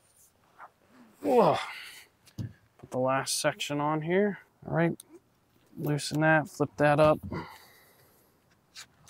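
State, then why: Not seated. Someone talks while handling the last extension section of a MAXTRA gas pole saw shaft at the shaft coupling, loosening and flipping up the clamp lever, with brief handling knocks at about 2.4 and 2.8 seconds. Nothing has seated or clicked yet; the section has not gone home in the coupling.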